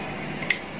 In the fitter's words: bunyi klik ya Navy setelah masuk kita